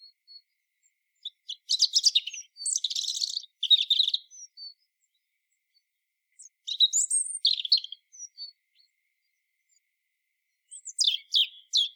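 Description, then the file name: European robin song, three separate bursts of rapid, high, jumbled twittering and thin whistled notes, with silent pauses of a few seconds between phrases. "Erithacus rubecula"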